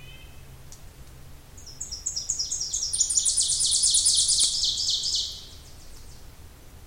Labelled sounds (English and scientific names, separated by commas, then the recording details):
Ovenbird (Seiurus aurocapilla) song
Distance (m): 20 m
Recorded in boreal forest in Alberta, Canada, on 26 May 2016 at 08:12
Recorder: SongMeter 3, array SBT-3-15
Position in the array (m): 54 m, 222 m
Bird 20